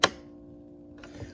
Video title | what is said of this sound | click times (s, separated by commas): Threading a Bernina 1230 | when you hear that clicking sound, you know it's in. | 0.0 s